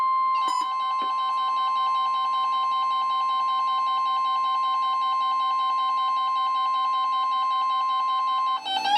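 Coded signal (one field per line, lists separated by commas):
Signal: Emergency Alert System (SAME) tones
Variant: 1050 Hz attention tone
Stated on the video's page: Annual statewide tornado drill tones from weather radio stations on 162.550 and 162.475 MHz, 1000 watts each.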